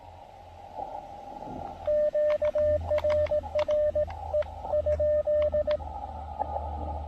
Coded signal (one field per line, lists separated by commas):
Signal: Morse code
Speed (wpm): 22 wpm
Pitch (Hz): 600 Hz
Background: radio noise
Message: QRR E ?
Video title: Final POTA Activation in Québec: Pairing the Elecraft KX2 and Tufteln EFRW at Cap Tourmente!